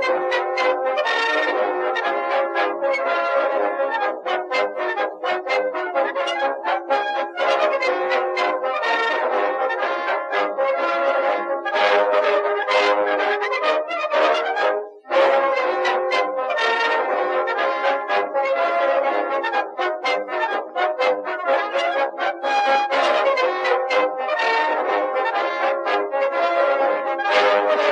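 Warm instrumental music plays steadily throughout, with dense, quickly plucked or struck notes layered over sustained mid-range tones. The level stays full and even, with little deep bass. Around the fifteen-second mark it briefly drops out before resuming.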